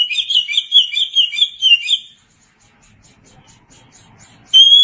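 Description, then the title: Oriental magpie-robin song: a fast, jumbled two-second phrase of high sweet notes, then faint ticking and a pure whistle to close. Kacer song. "Suara Kicauan Burung Kacer"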